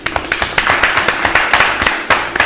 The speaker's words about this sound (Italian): Ragazzi, benvenuto a Dennis Frison alla cena dei regini, un applauso.